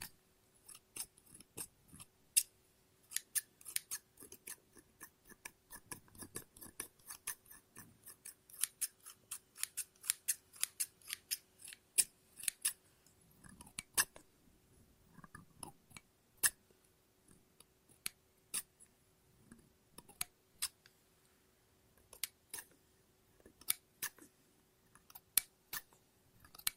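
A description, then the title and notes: Scissors snip through paper in quick, irregular bursts, sharp crisp clicks arriving several times a second with brief pauses between runs. Some cuts are louder and brighter than others. A faint steady hum sits underneath throughout. ASMR Scissors No Talking Snips and Cutting Paper.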